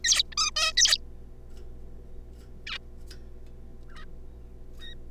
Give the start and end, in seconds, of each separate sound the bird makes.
0.04-0.23, 0.32-0.34, 0.37-0.50, 0.56-0.72, 0.77-0.97, 2.67-2.78, 3.89-4.05, 4.81-4.94